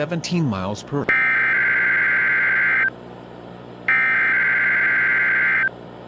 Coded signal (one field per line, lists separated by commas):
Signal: Emergency Alert System (SAME) tones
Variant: header bursts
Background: speech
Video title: Freezing - An EAS Scenario